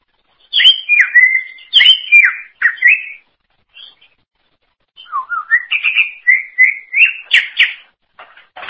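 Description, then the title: Greater green leafbird song with strong downward-slurred whistles, a pause, then a rising sequence of clear whistled notes and sharp chips. "Cucak ijo"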